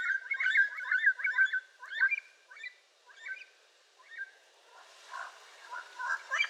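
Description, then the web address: Yellow-crowned amazon chattering: a quick series of clipped, rasping notes at about two per second, fading into softer, noisier grumbling calls. "sound yellow-crowned-amazon. صدای-پرنده-آمازون-تاجزرد"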